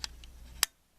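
In a reassembled 1983 Chevy C10 alternator, after voltage regulator replacement, the brush-retaining pin is pulled and the first spring-loaded carbon brush snaps down in its brush holder onto the slip ring. Two fainter ticks come at 0.0 and 0.2 seconds over a low hum, then a sharp click at 0.6 seconds as the brush seats in place.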